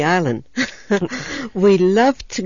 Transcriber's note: she laughs